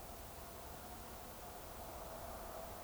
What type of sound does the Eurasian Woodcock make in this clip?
whistle